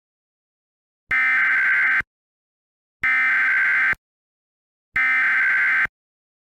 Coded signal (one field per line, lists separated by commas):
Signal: Emergency Alert System (SAME) tones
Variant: header bursts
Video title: The Disappearences: An EAS Scenario (collab between me and Randomnicious)